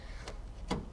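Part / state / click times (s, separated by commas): hood gas strut socket end onto ball stud on car body / seated / 0.7 s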